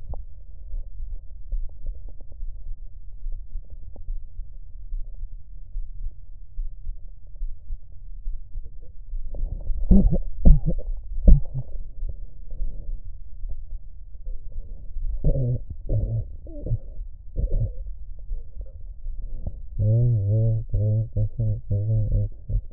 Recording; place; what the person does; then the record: lung sounds by stethoscope; right anterior apical chest; quiet breathing, then cough and speech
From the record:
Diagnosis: none (healthy); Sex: male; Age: 35 years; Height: 186 cm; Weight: 108 kg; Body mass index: 31.2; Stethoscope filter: extended mode